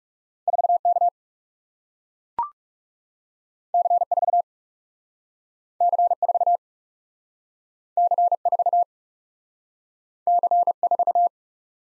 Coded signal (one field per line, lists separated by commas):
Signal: Morse code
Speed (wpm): 38 wpm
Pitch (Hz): 700 Hz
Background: none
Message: 4 K C 4 C 4 C 4 C 4